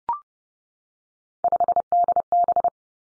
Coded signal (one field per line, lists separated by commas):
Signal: Morse code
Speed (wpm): 31 wpm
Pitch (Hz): 700 Hz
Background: none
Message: 5DB